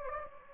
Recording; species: mosquito wingbeat signal from an infrared sensor; Anopheles gambiae